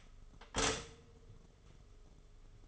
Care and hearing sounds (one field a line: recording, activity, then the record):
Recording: daily activity, microphone in the room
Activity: stop toaster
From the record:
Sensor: 4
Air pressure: 1015.5 hPa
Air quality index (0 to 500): 200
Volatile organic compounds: 10 ppm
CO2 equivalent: 2234 ppm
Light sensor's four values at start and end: 4/9/3/3 and 4/8/3/3